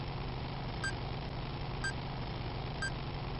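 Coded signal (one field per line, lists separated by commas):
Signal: none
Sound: game vehicle beeps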